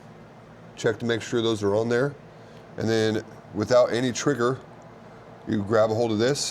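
A drill bit is held in the keyless chuck of a cordless drill while, with the trigger off, the chuck is gripped to be twisted tight on the bit. Someone talks over a low steady background. The chuck has not ratcheted or clicked yet, and the bit is not locked in.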